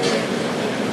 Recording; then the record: background sound without coughing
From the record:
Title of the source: Office Sounds Ambience - Background Noise for Study and Work